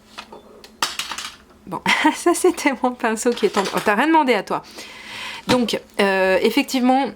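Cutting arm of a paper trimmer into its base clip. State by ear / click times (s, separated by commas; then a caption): not seated / none. The cutting arm of a large ACTION paper trimmer is lowered onto its base. It clatters against the base in a few sharp knocks during the first second, and someone talks over it. The arm does not clip or lock into place, and nothing clicks or latches.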